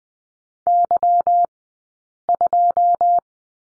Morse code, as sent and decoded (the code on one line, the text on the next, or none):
-.-- ..---
Y2